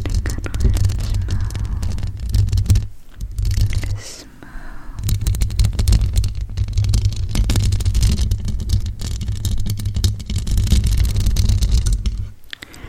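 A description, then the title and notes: Dense, rough scratching runs almost continuously, with a low rumble beneath, briefly dropping away around three to five seconds and near the end. ASMR scratching you to sleep.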